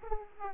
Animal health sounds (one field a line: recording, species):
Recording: mosquito wingbeat signal from an infrared sensor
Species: Aedes aegypti